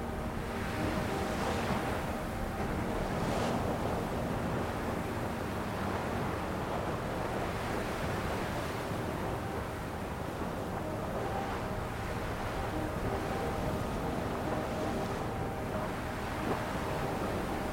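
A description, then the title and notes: Waves wash in a dense, steady roar that barely changes in loudness, with brighter hissing swells near the start, around ten seconds and again near fifteen seconds. A few faint held tones float thinly above the surf, hinting at a soft melody. A SOFT Melody and SOOTHING Waves. A soft melody meets the calming rhythm of the waves.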